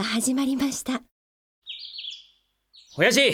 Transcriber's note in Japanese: 朝、鳥の声